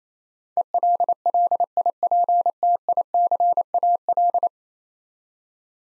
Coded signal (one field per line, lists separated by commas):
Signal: Morse code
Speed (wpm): 28 wpm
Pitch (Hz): 700 Hz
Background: none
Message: ELLIPTICAL